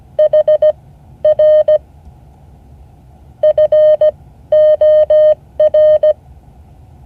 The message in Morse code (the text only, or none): HR FOR